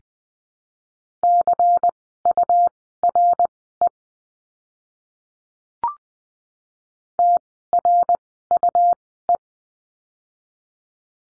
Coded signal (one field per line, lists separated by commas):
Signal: Morse code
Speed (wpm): 20 wpm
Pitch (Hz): 700 Hz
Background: none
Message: CURE TRUE